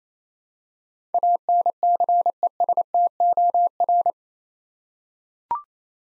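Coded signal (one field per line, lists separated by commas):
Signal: Morse code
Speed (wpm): 28 wpm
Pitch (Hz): 700 Hz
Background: none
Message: ANCESTOR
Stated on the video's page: Morse head-copy practice of eight-letter words at 28 wpm; each word sent, spoken, then sent again.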